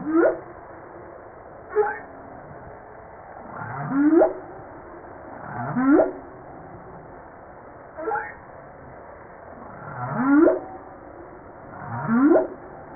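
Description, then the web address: Humpback whale song: a series of rising upsweeps and short sliding cries, one roughly every two seconds, over constant low background noise. Recorded 5 March 1994. "Voile'Ocean. 940305-1022 HUMPBACK"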